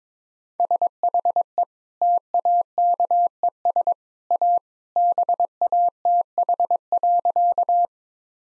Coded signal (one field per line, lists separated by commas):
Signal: Morse code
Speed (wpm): 22 wpm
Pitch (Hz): 700 Hz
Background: none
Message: SHE TAKES A BATH.